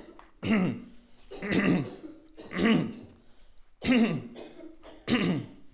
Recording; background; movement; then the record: throat clearing; a bystander coughing; walking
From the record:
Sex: male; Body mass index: 22.0 kg/m2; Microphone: on the chest, facing outward